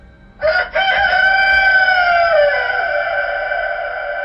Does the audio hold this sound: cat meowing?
no